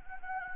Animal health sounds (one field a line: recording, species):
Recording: mosquito wingbeat signal from an infrared sensor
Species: Anopheles gambiae